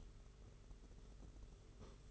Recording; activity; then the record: daily activity, microphone in the room; sweep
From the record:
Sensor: 4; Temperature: 27.1 degrees Celsius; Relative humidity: 38.3%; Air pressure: 992.2 hPa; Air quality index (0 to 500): 110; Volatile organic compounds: 18 ppm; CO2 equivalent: 2631 ppm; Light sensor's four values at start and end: 23/79/29/31 and 23/79/29/31